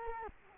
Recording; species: mosquito wingbeat signal from an infrared sensor; Culex quinquefasciatus